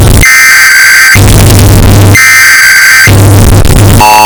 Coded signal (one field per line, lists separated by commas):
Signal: Emergency Alert System (SAME) tones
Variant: header bursts